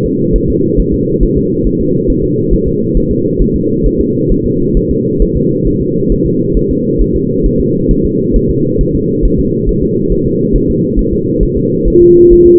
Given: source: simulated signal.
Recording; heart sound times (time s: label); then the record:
fetal heart sounds
0.06 s: S2
0.36 s: S1
0.50 s: S2
0.80 s: S1
0.94 s: S2
1.23 s: S1
1.38 s: S2
1.67 s: S1
1.81 s: S2
2.10 s: S1
2.24 s: S2
2.53 s: S1
2.68 s: S2
2.97 s: S1
3.12 s: S2
3.41 s: S1
3.56 s: S2
3.86 s: S1
4.01 s: S2
4.32 s: S1
4.46 s: S2
4.77 s: S1
4.91 s: S2
5.22 s: S1
5.37 s: S2
5.67 s: S1
5.82 s: S2
6.12 s: S1
6.26 s: S2
6.57 s: S1
6.71 s: S2
7.01 s: S1
7.16 s: S2
7.46 s: S1
7.60 s: S2
7.91 s: S1
8.06 s: S2
8.36 s: S1
8.50 s: S2
8.81 s: S1
8.95 s: S2
9.25 s: S1
9.40 s: S2
9.69 s: S1
9.83 s: S2
10.12 s: S1
10.27 s: S2
10.56 s: S1
10.70 s: S2
10.99 s: S1
11.13 s: S2
11.43 s: S1
11.57 s: S2
11.88 s: S1
12.02 s: S2
12.33 s: S1
12.47 s: S2
From the record:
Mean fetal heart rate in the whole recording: 135 bpm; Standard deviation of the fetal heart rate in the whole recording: 3 bpm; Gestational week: 36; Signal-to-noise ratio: -11.2 dB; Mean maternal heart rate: 72 bpm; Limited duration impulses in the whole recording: present